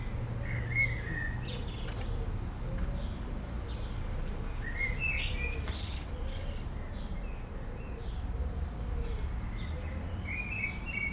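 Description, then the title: Common blackbird singing mellow whistled phrases every few seconds, each ending in a thin twitter, against constant rumbling traffic noise. Blackbird singing in a city amid urban road traffic and aircraft noise, Aix-les-Bains, France. "51 Rue Maryse Bastié, Aix-les-Bains, France - Merle dans la ville"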